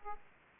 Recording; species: mosquito wingbeat signal from an infrared sensor; Aedes aegypti